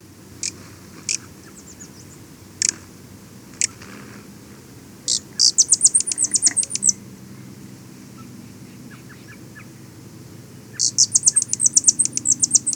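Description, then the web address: Tyrian metaltail calls: scattered sharp, very high chips, then two quick stuttering bursts of rapid high ticking notes, over a low background rumble. Recorded in Ecuador. "Natures Songs S America Birds of Ecuador. Tyrian Metaltail"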